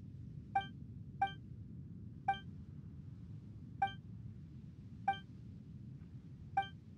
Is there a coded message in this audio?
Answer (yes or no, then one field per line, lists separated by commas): no